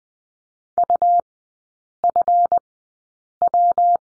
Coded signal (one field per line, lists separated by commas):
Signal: Morse code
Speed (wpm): 20 wpm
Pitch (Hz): 700 Hz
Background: none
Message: UFW